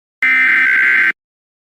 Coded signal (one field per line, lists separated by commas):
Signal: Emergency Alert System (SAME) tones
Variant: header bursts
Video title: (Wider US) Mini EAS Scenario: My mango is to blow up! AAAAH!-